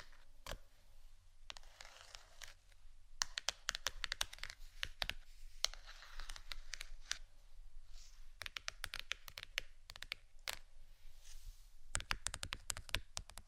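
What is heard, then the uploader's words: Soft tapping comes in quick irregular bursts like typing, sharp clicks clustering and pausing briefly, with a low faint hum underneath throughout. ASMR Soft TAPPING for Sleep 3Dio （No Talking）.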